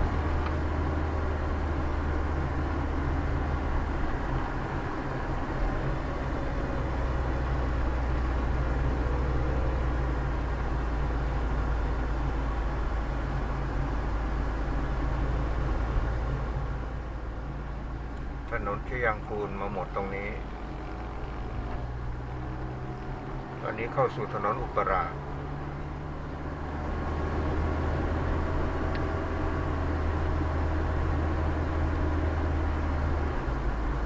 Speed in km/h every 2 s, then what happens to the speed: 34, 35, 34, 33, 30, 28, 28, 28, 27, 26, 26, 26, 27, 30, 32, 35, 36.
0-22 slows to 26. 22-34 speeds up to 36.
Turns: none.